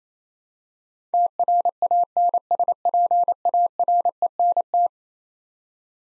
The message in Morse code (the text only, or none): TRANSPARENT